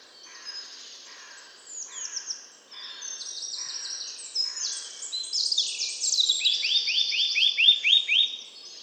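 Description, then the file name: Eurasian nuthatch calling: a fast run of sharp upswept notes building in the second half, with other high twittering throughout. "Sitta europaea"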